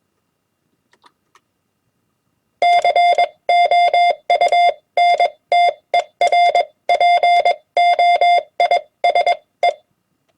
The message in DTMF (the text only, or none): none